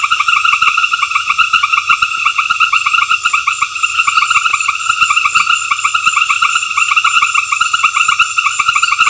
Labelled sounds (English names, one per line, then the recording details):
none
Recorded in secondary vegetation near Puerto Asís, Putumayo, Colombia, on 28 February 2025 at 19:00
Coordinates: 0.498, -76.327
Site G001